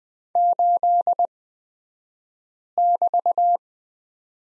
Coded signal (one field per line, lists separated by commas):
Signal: Morse code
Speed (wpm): 20 wpm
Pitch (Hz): 700 Hz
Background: none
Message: 8<BT>